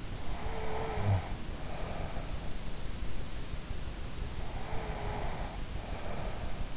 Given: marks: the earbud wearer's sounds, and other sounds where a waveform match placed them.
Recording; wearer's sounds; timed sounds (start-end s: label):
sounds in sleep by an in-ear microphone; snoring breath, breath
0.26-2.61 s: snoring breath
4.42-6.77 s: breath